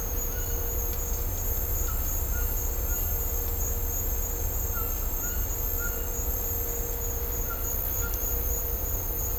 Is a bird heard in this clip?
yes